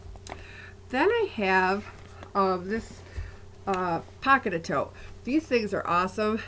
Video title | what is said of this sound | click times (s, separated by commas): How easy to keep organized with Thirty One!! | They snap right in. | 0.3 s